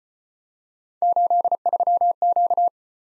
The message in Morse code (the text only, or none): 83Q